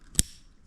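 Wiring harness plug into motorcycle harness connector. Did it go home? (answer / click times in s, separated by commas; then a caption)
yes / 0.2 s. A second wiring harness plug is pushed into the Sur-Ron motorcycle's harness connector during a Torp TC500 controller install. One sharp, bright click sounds at 0.2 s over a low, quiet background, and the connector is seated.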